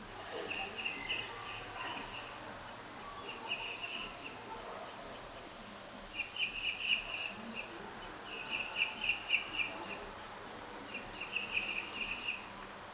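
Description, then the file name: Eurasian blackbird uttering five bursts of fast, sharp, high-pitched ticking notes, separated by short pauses, over faint steady background noise. "Turdus merula"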